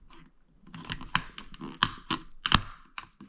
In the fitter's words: I'm going to go ahead and snap it back in place you can hear it snapping